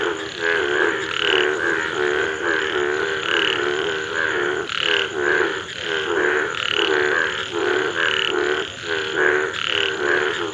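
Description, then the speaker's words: Indian bullfrog croaking: nasal, throaty calls pulsing in rapid bursts about once a second, over a steady high hiss. Mating call, India; bright lemon yellow frog inflates a deep navy blue to dark purple neck when calling, sending ripples across the water surface. "And when they create that sound, you know, there is a ripple effect that happens on the surface of the water."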